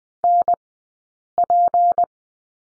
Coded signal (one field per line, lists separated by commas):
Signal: Morse code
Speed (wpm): 20 wpm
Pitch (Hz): 700 Hz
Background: none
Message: NP